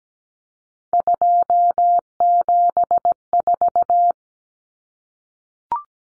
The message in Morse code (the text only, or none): 274